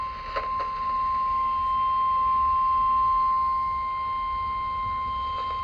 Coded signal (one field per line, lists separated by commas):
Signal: Emergency Alert System (SAME) tones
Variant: 1050 Hz attention tone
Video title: EAS #871 Severe Thunderstorm Warning